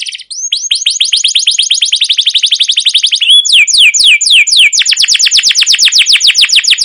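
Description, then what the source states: Canary song: a fast rolling trill of rapid, high downslurred notes for about three seconds, then a few slower sweeping notes, then another fast run without pause. Long continuous 'gacor' song with rolling trills ('ngerol') and 'cuit cuit' notes, used as a master/lure song to stimulate and train canaries.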